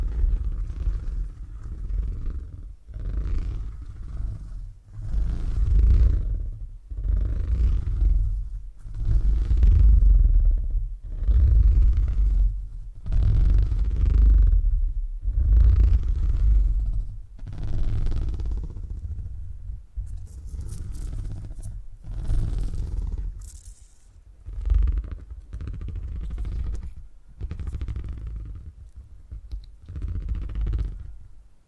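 Low, rumbling purring pulses in a steady rhythm, roughly every second, with soft scratchy textures and brief brighter hisses near the twenty-second mark.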